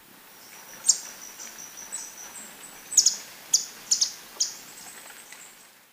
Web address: Natures Songs S America Birds of Ecuador Handsome Flycatcher